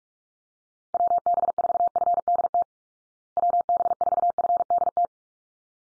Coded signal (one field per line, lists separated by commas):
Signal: Morse code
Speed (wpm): 44 wpm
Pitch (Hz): 700 Hz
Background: none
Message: WB4FDT WB4FDT